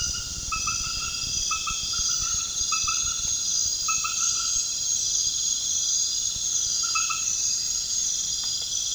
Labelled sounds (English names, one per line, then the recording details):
none
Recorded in pastures near Puerto Asís, Putumayo, Colombia, on 30 June 2025 at 20:00
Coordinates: 0.466, -76.322
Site GP07